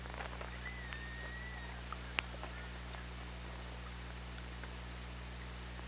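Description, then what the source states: Orca call, a long thin whistled tone held level then bending slightly, with a burst of clicks before it and a constant low hum beneath. Recorded on the OrcaLab hydrophone, 24 August 2017 at 17:55.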